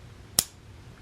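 A small plastic retaining bracket is slid over a fuel line connector and pushed until it clicks home. A single sharp, bright click sounds at 0.4 s against a quiet low hum. The bracket is seated and the part is confirmed securely in place.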